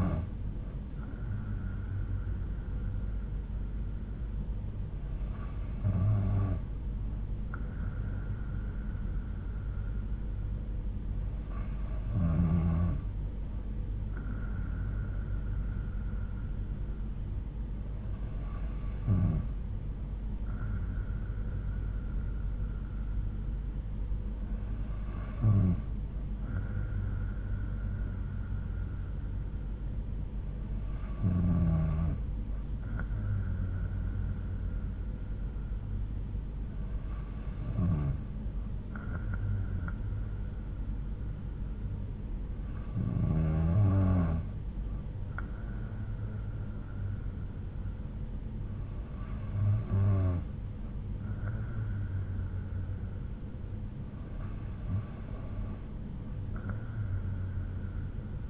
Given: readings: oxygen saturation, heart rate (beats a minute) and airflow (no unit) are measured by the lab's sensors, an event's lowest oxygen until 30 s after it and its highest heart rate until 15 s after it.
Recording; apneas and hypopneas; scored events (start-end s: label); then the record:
breathing in sleep by a smartphone at the bedside; none
none scored
From the record:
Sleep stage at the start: N2 (light sleep); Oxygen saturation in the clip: 92 to 93%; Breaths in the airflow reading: 10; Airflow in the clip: -5.0 to 3.6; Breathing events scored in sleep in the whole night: 368 in 8.0 hours asleep